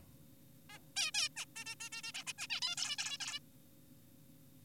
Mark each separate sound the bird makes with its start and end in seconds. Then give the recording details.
0.70-0.80, 0.96-1.11, 1.14-1.29, 1.36-1.45, 1.56-1.65, 1.66-1.75, 1.80-1.90, 1.92-2.02, 2.04-2.12, 2.14-2.24, 2.27-2.33, 2.38-2.47, 2.50-2.60, 2.62-2.76, 2.78-2.96, 2.98-3.18, 3.20-3.39. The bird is an adult. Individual g4p5U